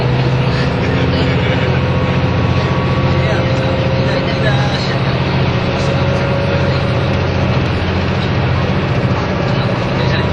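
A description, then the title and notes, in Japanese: A ride on the way from Nagoya to Toyama: a constant, dense low rumble of a moving vehicle holds steady for the whole stretch. A faint whining tone hums through the middle, with a soft murmur and light rattles on top. キハ85系 ひだ01号01 名古屋～(飛騨金山)。2007年当時最速のスジとなる”ひだ01号”を収録したものです。走行音(音の旅) 1021,キハ85系 ひだ01号。名古屋～富山。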